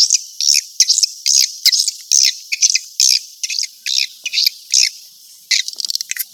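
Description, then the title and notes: Swiftlet chirping calls: high, sharp chirps in short, irregular bursts over a steady high hiss. Sound used for swiftlet farming in Asia. "Swiflet Bird Sound. Farming Swiflet Bird asia sound"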